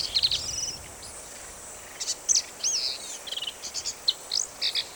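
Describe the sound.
Black-capped vireo song, a string of short, varied high phrases mixing whistled slurs, buzzy notes and quick chatters, with brief pauses between bursts.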